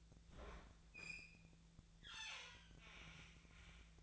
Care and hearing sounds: daily activity, microphone in the room; open fridge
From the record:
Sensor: 3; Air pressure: 1009.6 hPa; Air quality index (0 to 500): 195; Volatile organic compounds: 16 ppm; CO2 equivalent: 2532 ppm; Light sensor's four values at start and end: 35/88/38/40 and 35/87/37/39

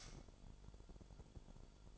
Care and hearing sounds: daily activity, microphone in the room; light off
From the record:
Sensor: 5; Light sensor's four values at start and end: 30/71/28/28 and 30/70/28/27

